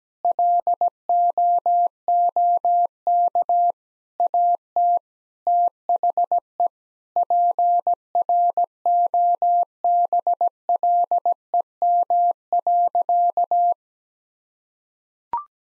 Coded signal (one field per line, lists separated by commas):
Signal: Morse code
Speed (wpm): 17 wpm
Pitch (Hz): 700 Hz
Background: none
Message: LOOK AT THE PROBLEM.